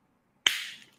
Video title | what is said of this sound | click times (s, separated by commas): Livestream - Vintage Toy Collection Q&A | that's better hear that snapping | 0.5 s